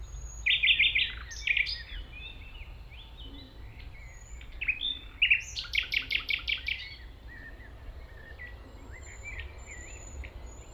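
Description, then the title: Common nightingale song: short whistled phrases, then a loud, rapid rattling series of repeated notes, with a low rumble underneath. 195 Rue de Vars, Chindrieux, France; recordist approaching on foot through tall grass; nightingale is deaf to outside noise while singing. "195 Rue de Vars, Chindrieux, France - approche d'un rossignol"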